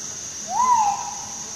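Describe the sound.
Crinkle-collared manucode giving one smooth whistled note that rises then slowly falls, over a steady high insect hiss.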